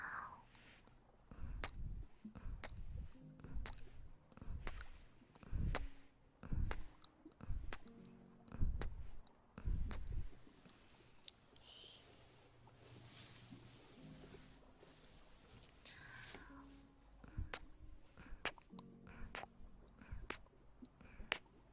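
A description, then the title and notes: Ear massage with soft rubbing and crisp tapping clicks recurring about every second, with a quieter stretch midway. Ear Massage for Sleep and Tingling.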